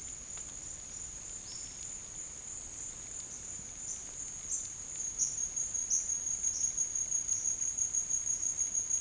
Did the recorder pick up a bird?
yes